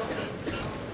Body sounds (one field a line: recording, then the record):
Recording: coughing mixed with background sound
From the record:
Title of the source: 31 night wet cough